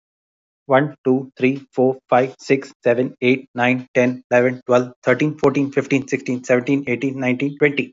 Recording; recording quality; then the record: counting at a fast pace; excellent, no background noise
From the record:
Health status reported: healthy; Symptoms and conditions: none ticked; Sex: male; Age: 44 years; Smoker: not ticked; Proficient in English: yes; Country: India